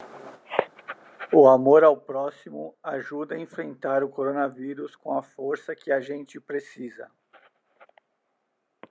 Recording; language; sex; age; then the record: spoken sentence; Brazilian Portuguese; male; 40 to 49 years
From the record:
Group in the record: control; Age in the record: 44 years